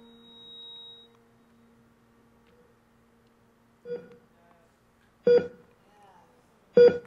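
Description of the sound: A cardiac monitor beeping, the sound of a living heart beating.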